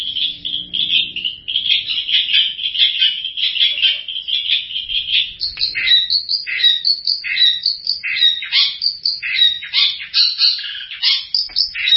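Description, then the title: Long-tailed shrike song, a dense warbling run of high notes turning into varied harsh chattering phrases, with a faint low hum at the start. Champion competition songbird. "Kicau Burung Cendet Juara"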